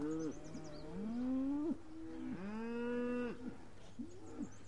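Cow mooing in several drawn-out lows, with a steady low hum underneath.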